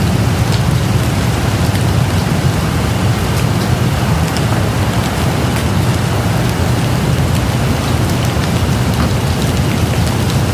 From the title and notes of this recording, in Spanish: 2 Horas Lluvia de Fondo para Dormir.